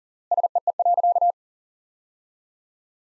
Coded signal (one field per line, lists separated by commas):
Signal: Morse code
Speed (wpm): 37 wpm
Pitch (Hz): 700 Hz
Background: none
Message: SEE.